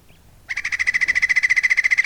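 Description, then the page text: Andean flicker call: after a brief pause, a fast, steady run of ringing notes, about twelve a second, holding one pitch to the end. "Joseph Tobias and Nathalie Seddon - Андский шилоклювый дятел (Colaptes rupicola)"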